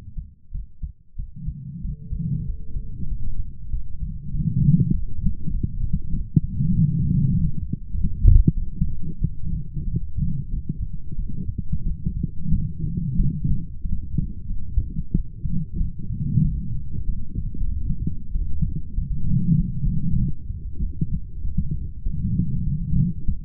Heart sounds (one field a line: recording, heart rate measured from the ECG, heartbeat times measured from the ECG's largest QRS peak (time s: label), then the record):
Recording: heart sounds by stethoscope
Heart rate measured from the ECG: 95 bpm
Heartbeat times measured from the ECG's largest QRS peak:
0.50 s: heartbeat
1.15 s: heartbeat
1.80 s: heartbeat
2.44 s: heartbeat
3.07 s: heartbeat
3.70 s: heartbeat
4.30 s: heartbeat
4.90 s: heartbeat
5.50 s: heartbeat
6.10 s: heartbeat
6.69 s: heartbeat
7.29 s: heartbeat
7.91 s: heartbeat
8.54 s: heartbeat
9.18 s: heartbeat
9.84 s: heartbeat
10.49 s: heartbeat
11.15 s: heartbeat
11.83 s: heartbeat
12.50 s: heartbeat
13.16 s: heartbeat
13.81 s: heartbeat
14.46 s: heartbeat
15.11 s: heartbeat
15.77 s: heartbeat
16.41 s: heartbeat
17.05 s: heartbeat
17.68 s: heartbeat
18.31 s: heartbeat
18.94 s: heartbeat
19.56 s: heartbeat
20.18 s: heartbeat
20.79 s: heartbeat
21.41 s: heartbeat
22.02 s: heartbeat
22.64 s: heartbeat
23.25 s: heartbeat
From the record:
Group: healthy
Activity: rest 0-3 s, light exercise 3-24 s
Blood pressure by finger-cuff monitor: 134/71 mmHg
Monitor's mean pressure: 93 mmHg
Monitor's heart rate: 94 bpm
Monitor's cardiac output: 9.1 L/min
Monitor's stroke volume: 94 mL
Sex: female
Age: 32 years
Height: 172 cm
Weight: 71.7 kg